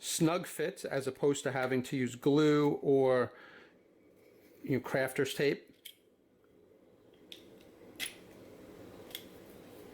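A snug-fit component is handled against a 3D-printed lightsaber staff chassis, meant to snap on without glue or tape. Someone talks, then quiet handling brings a few short, sharp clicks and taps. Nothing has seated or clicked into place yet.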